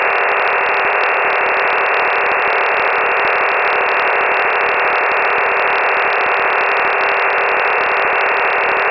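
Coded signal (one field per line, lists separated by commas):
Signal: digital SSTV (DRM)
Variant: EasyPal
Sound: steady wide rushing hiss with sharp band edges, unchanging throughout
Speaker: Okay, Chris, VK3CJN, how did you go with that? Chris, was up to 21 dB until we got the repeater ident, and then it dropped down to 10 and came back up to 12 or 13. So I'm going to give you 21 on that because it was a good solid signal, and full decode.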